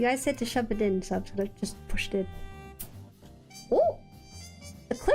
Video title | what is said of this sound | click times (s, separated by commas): 【GUNPLA】Building the RG Zeta In 6 Hours Before It Explodes Live【3 YEAR ANNIVERSARY🎉】 | Oh, it clicked in, I guess. | 2.8 s